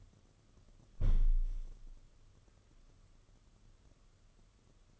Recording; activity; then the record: daily activity, microphone in the room; close window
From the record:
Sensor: 4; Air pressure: 995.2 hPa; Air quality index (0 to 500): 192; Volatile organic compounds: 124 ppm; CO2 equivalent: 3898 ppm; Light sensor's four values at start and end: 5/12/4/5 and 5/11/4/4